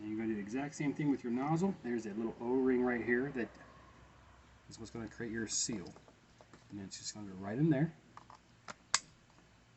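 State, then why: Seated. Someone talks while a spray nozzle with a small O-ring seal is pushed into the hose quick-connect of a Hart 20V Portable Rinser. A few faint clicks come just before a sharp, loud snap at 9.0 s, when the nozzle seats onto the hose.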